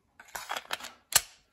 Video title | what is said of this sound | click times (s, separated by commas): FLISSA 4-7/8” Survival Knife with Sheath, Fixed Blade Knife with Whistle & Fire Starter for Camping, | and it snaps in | 1.2 s